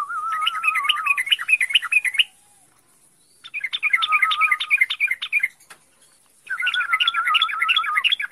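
Songbird singing three bursts of rapid, chattering notes over a lower wavering trill, each phrase about two seconds long with short silent gaps between.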